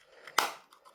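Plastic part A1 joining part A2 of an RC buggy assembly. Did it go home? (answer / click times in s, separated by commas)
yes / 0.4 s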